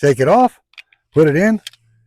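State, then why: Not seated. A military-style magazine that had been hanging out of a Tisas 1911 US Army pistol, not seated all the way, is taken out and put back into the magazine well. Someone talks in two short bursts, with a few faint handling ticks between and after. The magazine has not seated and no click has happened yet when the clip ends.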